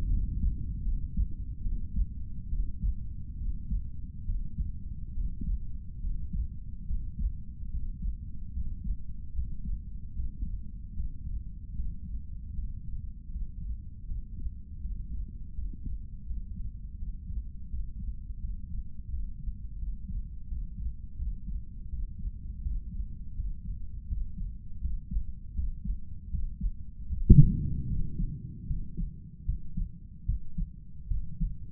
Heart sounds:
heart sounds by stethoscope; 77 bpm
0.07 s: heartbeat
0.82 s: heartbeat
1.62 s: heartbeat
2.49 s: heartbeat
3.37 s: heartbeat
4.25 s: heartbeat
5.13 s: heartbeat
6.00 s: heartbeat
6.85 s: heartbeat
7.69 s: heartbeat
8.52 s: heartbeat
9.33 s: heartbeat
10.14 s: heartbeat
10.94 s: heartbeat
11.74 s: heartbeat
12.53 s: heartbeat
13.29 s: heartbeat
14.05 s: heartbeat
14.79 s: heartbeat
15.53 s: heartbeat
16.25 s: heartbeat
16.96 s: heartbeat
17.68 s: heartbeat
18.38 s: heartbeat
19.08 s: heartbeat
19.77 s: heartbeat
20.47 s: heartbeat
21.16 s: heartbeat
21.88 s: heartbeat
22.61 s: heartbeat
23.33 s: heartbeat
24.07 s: heartbeat
24.80 s: heartbeat
25.53 s: heartbeat
26.29 s: heartbeat
27.07 s: heartbeat
27.87 s: heartbeat
28.66 s: heartbeat
29.45 s: heartbeat
30.25 s: heartbeat
31.08 s: heartbeat
From the record:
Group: healthy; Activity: breath hold 0-28 s, rest 28-32 s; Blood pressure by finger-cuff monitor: 103/59 mmHg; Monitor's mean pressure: 69 mmHg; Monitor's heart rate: 78 bpm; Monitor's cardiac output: 7.2 L/min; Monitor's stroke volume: 96 mL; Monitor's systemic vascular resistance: 670 dyn s/cm5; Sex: male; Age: 35 years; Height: 180 cm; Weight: 86.9 kg

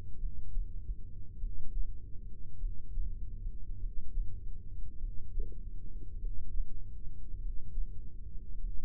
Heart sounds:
heart sounds by microphone in the right ear; 50 bpm
0.15 s: heartbeat
1.35 s: heartbeat
2.55 s: heartbeat
3.75 s: heartbeat
4.95 s: heartbeat
6.15 s: heartbeat
7.35 s: heartbeat
8.55 s: heartbeat
From the record:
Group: heart failure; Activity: breath hold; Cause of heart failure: dilated cardiomyopathy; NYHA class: 3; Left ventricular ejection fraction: 27%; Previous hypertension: present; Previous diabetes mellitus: present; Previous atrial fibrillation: present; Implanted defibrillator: present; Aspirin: present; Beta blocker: bisoprolol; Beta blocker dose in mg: 1.25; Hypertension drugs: sacubitril-valsartan, spironolactone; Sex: female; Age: 39 years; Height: 170 cm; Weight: 64 kg

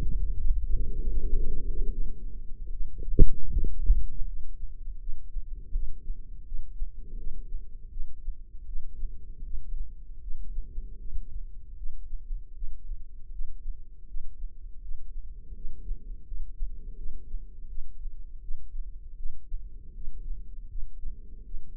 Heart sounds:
heart sounds by microphone in the left ear; 80 bpm
0.36 s: heartbeat
1.10 s: heartbeat
1.90 s: heartbeat
2.70 s: heartbeat
3.49 s: heartbeat
4.25 s: heartbeat
4.99 s: heartbeat
5.72 s: heartbeat
6.44 s: heartbeat
7.16 s: heartbeat
7.90 s: heartbeat
8.65 s: heartbeat
9.43 s: heartbeat
10.20 s: heartbeat
10.98 s: heartbeat
11.76 s: heartbeat
12.54 s: heartbeat
13.31 s: heartbeat
14.07 s: heartbeat
14.81 s: heartbeat
15.54 s: heartbeat
16.25 s: heartbeat
16.96 s: heartbeat
17.67 s: heartbeat
18.40 s: heartbeat
19.16 s: heartbeat
19.93 s: heartbeat
20.68 s: heartbeat
21.44 s: heartbeat
From the record:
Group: healthy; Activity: rest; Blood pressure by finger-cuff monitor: 91/55 mmHg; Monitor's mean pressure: 69 mmHg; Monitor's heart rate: 80 bpm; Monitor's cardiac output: 6.3 L/min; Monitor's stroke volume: 79 mL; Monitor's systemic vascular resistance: 790 dyn s/cm5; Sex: female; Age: 43 years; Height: 160 cm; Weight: 90 kg

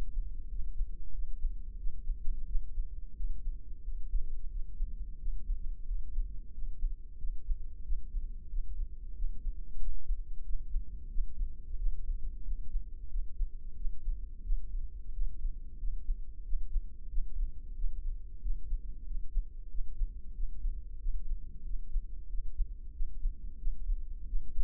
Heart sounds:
heart sounds by microphone in the left ear; 91 bpm
0.53 s: heartbeat
1.16 s: heartbeat
1.80 s: heartbeat
2.49 s: heartbeat
3.18 s: heartbeat
3.86 s: heartbeat
4.53 s: heartbeat
5.21 s: heartbeat
5.89 s: heartbeat
6.56 s: heartbeat
7.21 s: heartbeat
7.86 s: heartbeat
8.52 s: heartbeat
9.18 s: heartbeat
9.82 s: heartbeat
10.47 s: heartbeat
11.12 s: heartbeat
11.80 s: heartbeat
12.46 s: heartbeat
13.12 s: heartbeat
13.78 s: heartbeat
14.46 s: heartbeat
15.15 s: heartbeat
15.81 s: heartbeat
16.47 s: heartbeat
17.11 s: heartbeat
17.77 s: heartbeat
18.44 s: heartbeat
19.08 s: heartbeat
19.72 s: heartbeat
20.36 s: heartbeat
21.02 s: heartbeat
21.67 s: heartbeat
22.31 s: heartbeat
22.96 s: heartbeat
23.61 s: heartbeat
24.29 s: heartbeat
From the record:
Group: healthy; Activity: rest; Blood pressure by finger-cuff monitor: 139/70 mmHg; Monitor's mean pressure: 90 mmHg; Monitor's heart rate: 91 bpm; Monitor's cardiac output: 8.4 L/min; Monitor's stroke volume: 92 mL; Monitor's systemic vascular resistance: 780 dyn s/cm5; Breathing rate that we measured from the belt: 20 breaths a minute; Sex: male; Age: 21 years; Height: 175 cm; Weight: 72.6 kg

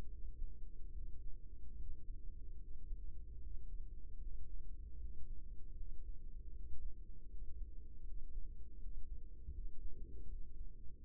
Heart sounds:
heart sounds by microphone in the right ear; 77 bpm
0.08 s: heartbeat
0.91 s: heartbeat
1.75 s: heartbeat
2.57 s: heartbeat
3.39 s: heartbeat
4.19 s: heartbeat
4.97 s: heartbeat
5.74 s: heartbeat
6.51 s: heartbeat
7.27 s: heartbeat
8.03 s: heartbeat
8.77 s: heartbeat
9.51 s: heartbeat
10.26 s: heartbeat
11.02 s: heartbeat
From the record:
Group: healthy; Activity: breath hold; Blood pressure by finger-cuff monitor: 108/79 mmHg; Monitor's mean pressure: 89 mmHg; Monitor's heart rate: 76 bpm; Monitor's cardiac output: 5.3 L/min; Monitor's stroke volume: 72 mL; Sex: female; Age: 32 years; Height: 172 cm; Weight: 71.7 kg

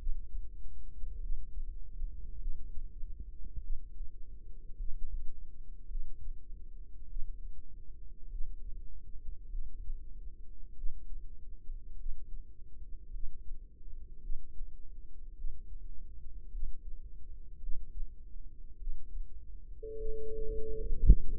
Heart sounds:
heart sounds by microphone in the right ear; 51 bpm
1.20 s: heartbeat
2.38 s: heartbeat
3.61 s: heartbeat
4.76 s: heartbeat
5.88 s: heartbeat
7.07 s: heartbeat
8.29 s: heartbeat
9.49 s: heartbeat
10.75 s: heartbeat
11.97 s: heartbeat
13.11 s: heartbeat
14.20 s: heartbeat
15.35 s: heartbeat
16.51 s: heartbeat
17.60 s: heartbeat
18.78 s: heartbeat
19.96 s: heartbeat
21.04 s: heartbeat
From the record:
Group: healthy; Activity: rest 0-20 s, breath hold 20-21 s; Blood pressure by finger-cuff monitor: 104/64 mmHg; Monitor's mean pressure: 78 mmHg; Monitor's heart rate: 51 bpm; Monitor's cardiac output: 4.7 L/min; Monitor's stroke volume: 92 mL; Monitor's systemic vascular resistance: 1190 dyn s/cm5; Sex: female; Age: 28 years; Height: 170 cm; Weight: 77 kg

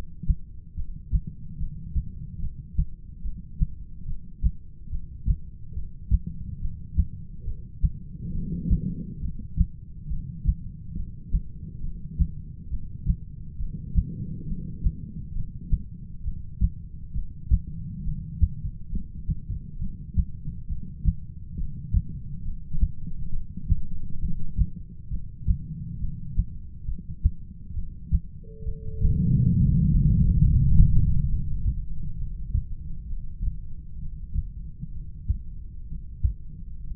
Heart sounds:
heart sounds by stethoscope; 68 bpm
0.76 s: heartbeat
1.59 s: heartbeat
2.41 s: heartbeat
3.23 s: heartbeat
4.07 s: heartbeat
4.91 s: heartbeat
5.75 s: heartbeat
6.61 s: heartbeat
7.46 s: heartbeat
8.33 s: heartbeat
9.21 s: heartbeat
10.09 s: heartbeat
10.96 s: heartbeat
11.82 s: heartbeat
12.70 s: heartbeat
13.59 s: heartbeat
14.47 s: heartbeat
15.35 s: heartbeat
16.24 s: heartbeat
17.14 s: heartbeat
18.04 s: heartbeat
18.91 s: heartbeat
19.80 s: heartbeat
20.68 s: heartbeat
21.57 s: heartbeat
22.44 s: heartbeat
23.32 s: heartbeat
24.21 s: heartbeat
25.11 s: heartbeat
26.00 s: heartbeat
26.87 s: heartbeat
27.75 s: heartbeat
28.65 s: heartbeat
29.56 s: heartbeat
30.40 s: heartbeat
31.28 s: heartbeat
32.18 s: heartbeat
33.08 s: heartbeat
34.00 s: heartbeat
34.94 s: heartbeat
35.88 s: heartbeat
36.83 s: heartbeat
From the record:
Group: heart failure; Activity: rest 0-29 s, breath hold 29-37 s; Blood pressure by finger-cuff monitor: 109/78 mmHg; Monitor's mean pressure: 90 mmHg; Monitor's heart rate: 68 bpm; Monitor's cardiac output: 6.7 L/min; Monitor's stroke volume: 98 mL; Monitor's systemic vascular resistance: 990 dyn s/cm5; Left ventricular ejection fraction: 25%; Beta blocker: metoprolol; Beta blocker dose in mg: 62.5 twice daily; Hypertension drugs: ramipril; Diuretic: furosemide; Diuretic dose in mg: 40 twice daily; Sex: male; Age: 57 years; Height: 180 cm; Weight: 90.5 kg

